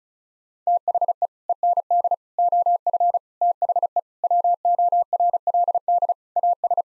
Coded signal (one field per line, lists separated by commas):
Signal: Morse code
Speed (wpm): 36 wpm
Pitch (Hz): 700 Hz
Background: none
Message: THE END OF THE WORLD AS